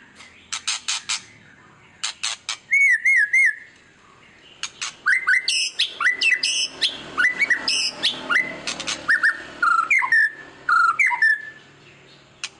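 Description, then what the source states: White-rumped shama: songbird singing: harsh rasping bursts mixed with short looping whistles and sharp upslurred notes, delivered in uneven quick phrases. Lure song of an actively singing ('gacor') murai batu, played to make other birds respond.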